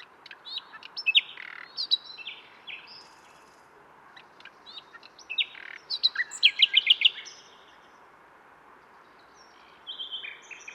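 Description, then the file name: Common nightingale song: scattered chirps and a brief rapid trill midway, followed by a long quiet gap before more notes. "Luscinia megarhynchos"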